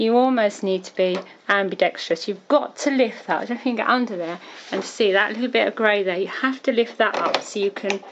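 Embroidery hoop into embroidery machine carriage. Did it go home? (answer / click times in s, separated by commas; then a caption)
no / none. Someone talks while handling a plastic embroidery hoop at the carriage of a Singer Futura XL 400 embroidery machine, working to lift the small grey lever and get the hoop in under the bar. Only speech and faint handling sounds are heard, and nothing has seated or clicked yet.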